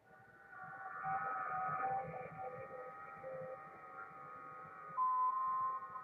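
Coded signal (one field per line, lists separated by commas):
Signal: FT8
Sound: several overlapping faint warbling tones under hiss, one stronger tone entering near the end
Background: radio static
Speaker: let's turn the volume on now so you can hear that tone and I'll turn up the radio so you get a feel for what it sounds like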